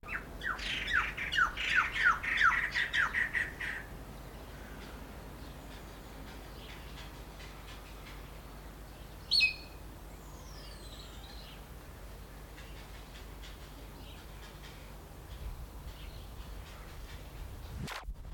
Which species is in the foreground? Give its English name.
White-crested Laughingthrush